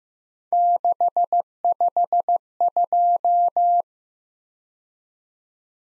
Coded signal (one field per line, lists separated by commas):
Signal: Morse code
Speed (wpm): 15 wpm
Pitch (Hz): 700 Hz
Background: none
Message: 652